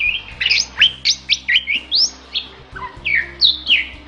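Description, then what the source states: Bali myna song of loud, sliding whistles and chirps, rising and falling, delivered in a quick uneven series. Described as singing vigorously (gacor).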